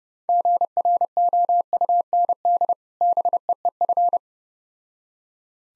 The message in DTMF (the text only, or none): none